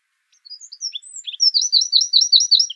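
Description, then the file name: Eurasian wren song: soft scattered high notes building into a loud, rapid run of repeated chirping phrases that continues to the end. "Troglodytes troglodytes"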